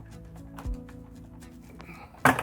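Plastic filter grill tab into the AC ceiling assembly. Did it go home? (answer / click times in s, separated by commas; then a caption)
yes / 2.2 s. A plastic RV AC filter grill is lined up and pushed inward into the ceiling assembly while a low, steady hum runs underneath with faint knocks. At 2.3 s the first of its tabs pops into its slot with a sharp, loud snap, seating it.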